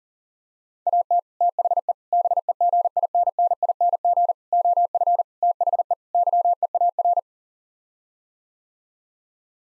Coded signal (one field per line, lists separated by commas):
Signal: Morse code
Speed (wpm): 40 wpm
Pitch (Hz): 700 Hz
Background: none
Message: AT THE BEGINNING OF THE YEAR